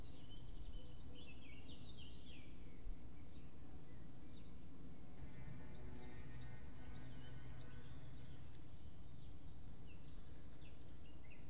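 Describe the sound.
Birds give high chirps over a steady low background hum.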